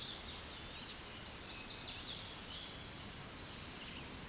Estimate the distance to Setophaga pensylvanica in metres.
about 40 m